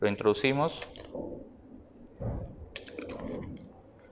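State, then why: Seated. Someone talks briefly, then, with the ground wire centred in the central tube, the plastic cup of a Coflex electric shower head is pushed by pressure into the shower head body. A sharp hit at 2.8 s marks the cup pressing into place, followed by a few fainter clicks and handling noise.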